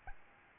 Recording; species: mosquito wingbeat signal from an infrared sensor; Aedes albopictus